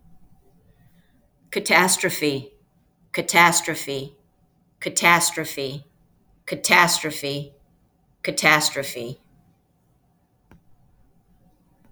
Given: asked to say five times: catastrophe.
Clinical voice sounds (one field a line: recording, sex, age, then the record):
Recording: repeated word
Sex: female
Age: 50 to 59 years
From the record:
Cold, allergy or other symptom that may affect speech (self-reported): no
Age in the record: 55 years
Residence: Massachusetts, United States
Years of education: 14